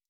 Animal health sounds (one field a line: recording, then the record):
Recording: hydrophone in a shrimp aquaculture tank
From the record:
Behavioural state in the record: stressed